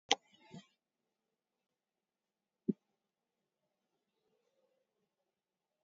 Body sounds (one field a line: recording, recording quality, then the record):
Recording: shallow breathing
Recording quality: poor, much background noise or distortion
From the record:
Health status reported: COVID-19 positive, moderate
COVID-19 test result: positive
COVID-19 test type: RT-PCR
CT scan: taken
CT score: 5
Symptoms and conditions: cough, cold, breathing difficulty, fever, fatigue, muscle pain, loss of smell and taste, diarrhoea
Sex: female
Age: 65 years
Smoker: no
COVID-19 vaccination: one dose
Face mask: worn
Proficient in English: yes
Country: India